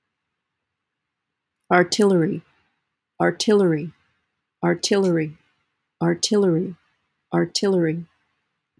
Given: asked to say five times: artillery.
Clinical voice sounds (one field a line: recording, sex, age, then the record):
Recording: repeated word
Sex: female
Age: 60 to 69 years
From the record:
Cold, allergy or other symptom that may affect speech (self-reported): no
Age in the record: 61 years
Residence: Maryland, United States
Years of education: 19